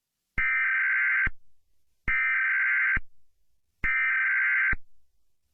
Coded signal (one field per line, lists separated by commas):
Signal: Emergency Alert System (SAME) tones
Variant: header bursts